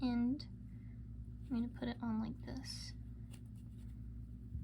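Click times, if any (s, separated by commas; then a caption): none. A plastic safety eye backing washer is placed onto the safety eye peg in a crocheted amigurumi head and lined up before being pushed down to snap in, while someone talks. Only faint handling sounds are heard, with a small tick near 3.3 s. Nothing has snapped or clicked into place yet.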